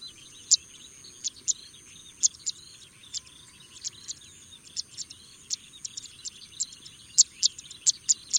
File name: suara burung apung tanah